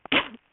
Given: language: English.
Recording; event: throat vibration sensor signal played as sound; cough